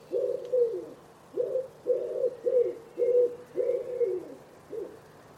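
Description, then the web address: Common Wood Pigeon, several deep soft coos in a rhythmic phrase, some dropping in pitch at the end, over a quiet background. Bird-only recording from a 2025 soundscape bird dataset. "cianscape. Deverinetal"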